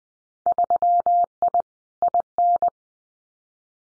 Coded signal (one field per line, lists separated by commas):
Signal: Morse code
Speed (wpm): 20 wpm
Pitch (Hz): 700 Hz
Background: none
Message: 3I IN